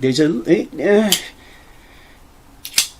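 Someone talks while sliding the lock button up and pressing the thumb stud on a small Gerber Applegate Mini Covert folding knife with G10 handle sides. After a quiet pause, the steel blade swings open and locks into its handle with sharp snaps at 2.7 and 2.8 seconds. It snaps open more positively than the smaller version, but not consistently.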